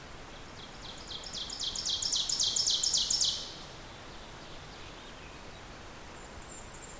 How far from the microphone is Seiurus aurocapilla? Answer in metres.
about 30 m